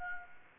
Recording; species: mosquito wingbeat signal from an infrared sensor; Anopheles gambiae